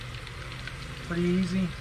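A lithium battery pack is released from the plastic handle of an electric fillet knife by pressing the release button on the back of the handle, giving a short pop at 0.7 s over a steady hiss. Someone talks near the end, and the battery pops out of the handle.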